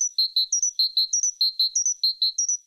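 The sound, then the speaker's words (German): A bird sings a quick, high-pitched song alone, repeating the same short phrase over and over: a pair of chirps followed by a brighter, higher double note, in a steady rhythm. “Man kann zugespitzt sagen, der wahre Mensch beginnt mit dem Gesang der Vögel.”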